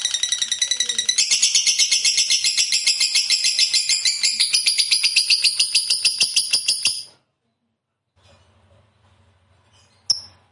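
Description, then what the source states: Lovebird pouring out a fast, shrill chattering stream of high notes for about seven seconds, then falling quiet before one last sharp chirp. Lovebird of the fighter type, singing gacor (energetically).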